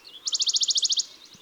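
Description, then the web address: Western Bonelli's warbler, a single short trill of rapid, clipped notes lasting under a second, then quiet. Recorded in June. "Juin Le Pouillot de bonelli. album les-4-saisons-des-chants-doiseaux"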